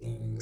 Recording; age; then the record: pig call; weaner (32 to 43 days)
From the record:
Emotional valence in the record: negative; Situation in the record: novel object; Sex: female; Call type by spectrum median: low-frequency call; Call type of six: mixed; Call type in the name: high-frequency modulated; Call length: 0.42 s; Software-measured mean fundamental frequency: 38 Hz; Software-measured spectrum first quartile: 115 Hz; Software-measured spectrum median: 283 Hz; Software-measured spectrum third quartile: 1919 Hz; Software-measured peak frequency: 114 Hz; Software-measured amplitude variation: 104 dB a second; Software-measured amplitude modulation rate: 17.8 a second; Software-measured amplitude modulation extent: 5.8 dB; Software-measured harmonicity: 3.6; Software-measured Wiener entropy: -5.04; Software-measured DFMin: 1226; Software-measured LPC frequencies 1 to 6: 2127, 3897, 5925, 7310, 7894, 9124 Hz